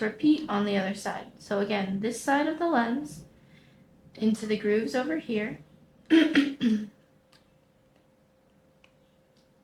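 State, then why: Not seated. Someone talks while the second plastic replacement lens for Oakley Twoface OO9189 sunglasses is guided into the grooves of the frame, and faint ticks follow from about 7.3 s to 9.4 s as it is positioned. Nothing has seated or clicked yet; the lens is only lined up in the grooves before being bent in.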